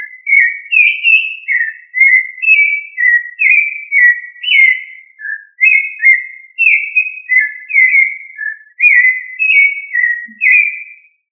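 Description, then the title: Thrush delivering a long unbroken string of clear whistled phrases, each note slurred and varied in pitch, repeated steadily in a clean, quiet background. "Familia Turdidae - Sabia"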